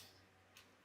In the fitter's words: positive click